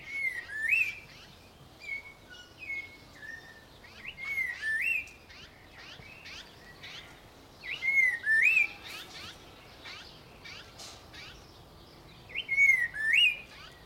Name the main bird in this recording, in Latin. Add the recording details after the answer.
Liocichla phoenicea. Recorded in captivity. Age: adult. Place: Zoo Berlin, Berlin, DE. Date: 1992-05-09 12:10. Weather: wolkig, 11-14°C. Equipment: Nagra SN, Mikrofon AKG CK 8, Kopie Tesla B 116. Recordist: Tembrock, Günter